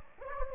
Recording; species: mosquito wingbeat signal from an infrared sensor; Anopheles gambiae